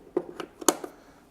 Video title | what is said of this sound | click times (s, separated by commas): Sound System Rental Package A | and a little twist to the right and that locks in | 0.7 s